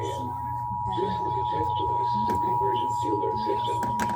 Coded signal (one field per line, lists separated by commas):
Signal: Emergency Alert System (SAME) tones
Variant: 853 and 960 Hz attention tone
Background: speech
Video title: (EAS #127-132) MISSISSIPPI'S REQUIRED MONTHLY TESTS WITH SOME FAILS (EAS alerts from 2/7/2022